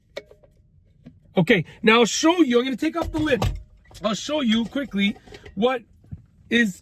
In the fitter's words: As you can see over here, it clicked. You can hear it kind of click just like that.